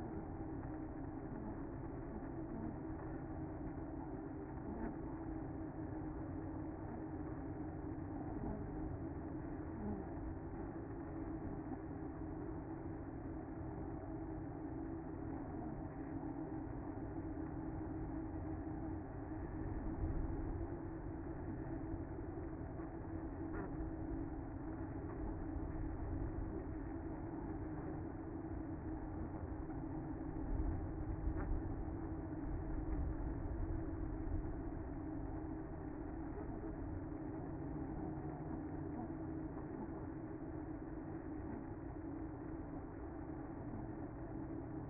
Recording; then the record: honeybee colony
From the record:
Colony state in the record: active